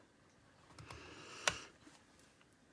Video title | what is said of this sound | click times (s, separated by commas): Stampin' Up! Floral Phrases #simplestamping Card made LIVE | here we go it's bit hard to pop these older ink pads when I haven't used them for a while | 1.5 s